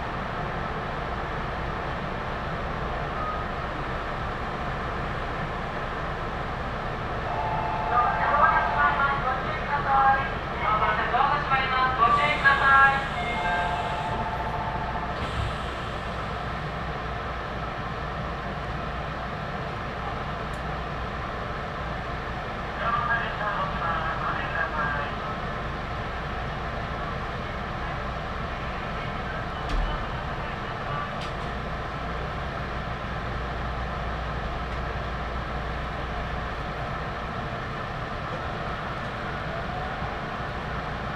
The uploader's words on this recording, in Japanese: 東海道本線 普通列車 南大高→名古屋。東海道本線の普通列車はこまめに停車していくので、モーター音がよく聞こえます。名古屋に向かう人が続々と乗ってきてむしろ新快速よりも混雑します。４両編成。